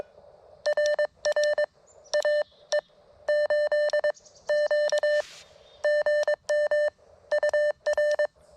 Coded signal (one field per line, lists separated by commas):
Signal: Morse code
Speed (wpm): 22 wpm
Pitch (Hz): 1800 Hz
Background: none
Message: RR AE 8 Q GM UR